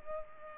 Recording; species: mosquito wingbeat signal from an infrared sensor; Culex pipiens